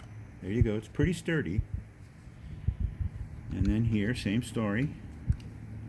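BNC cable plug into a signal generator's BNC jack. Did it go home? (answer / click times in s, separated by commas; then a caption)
yes / 5.4 s. A BNC cable plug is pushed onto a signal generator's BNC jack and rotated clockwise until its bayonet locking mechanism engages, while someone talks over a low steady hum. A short, sharp click at 5.4 s marks the connector locking in place, and the plug is seated.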